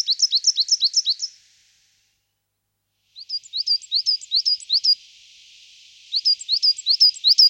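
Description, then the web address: Coal tit song, rapid series of high, thin, rhythmic double notes in three bursts separated by pauses. "Sortmejse"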